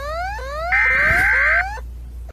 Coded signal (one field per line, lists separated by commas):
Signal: Emergency Alert System (SAME) tones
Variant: header bursts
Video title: GALAPAGOS ISLANDS EAS ALARM 🇪🇨